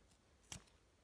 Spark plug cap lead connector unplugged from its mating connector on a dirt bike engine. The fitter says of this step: you hear click